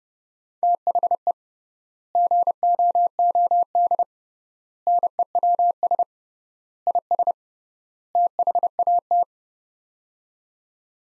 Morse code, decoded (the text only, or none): THE GOOD NEWS IS THAT